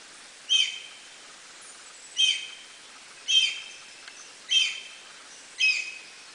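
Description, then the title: Black-and-white Hawk-Eagle giving clear whistled notes, five calls spaced a little over a second apart. "Gavião Pato – Características, Habitat Alimentação e Canto!"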